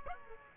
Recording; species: mosquito wingbeat signal from an infrared sensor; Aedes aegypti